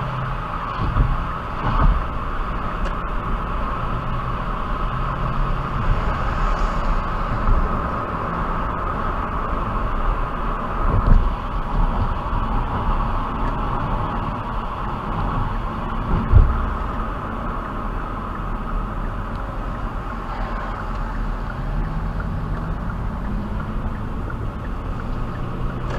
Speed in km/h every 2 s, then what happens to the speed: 58, 58, 60, 60, 55, 55, 47, 47, 44, 37, 27, 26, 26.
0-6 steady at about 58. 6-22 slows to 26.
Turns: 19-26.